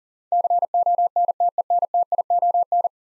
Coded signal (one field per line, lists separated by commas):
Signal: Morse code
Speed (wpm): 40 wpm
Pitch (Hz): 700 Hz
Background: none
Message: CONTENTION